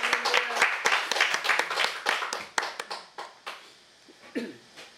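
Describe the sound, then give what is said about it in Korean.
A church audience claps together to give glory to God, a dense burst of sharp, overlapping hand claps that thins out and fades toward the end, with a faint voice briefly audible beneath. “우리 서로를 축복하면서 하나님께 영광 올려드리면서 또 한 번 더 박수하겠습니다.”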